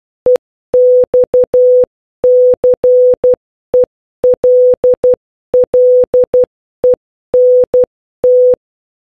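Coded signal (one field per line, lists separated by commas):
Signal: Morse code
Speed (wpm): 12 wpm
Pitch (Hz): 500 Hz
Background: none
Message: EXCELLENT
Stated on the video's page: Morse code learning drill of letters A to Z.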